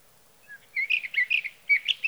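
Sage Thrasher song of short, rapid warbled phrases in quick succession after a soft opening note.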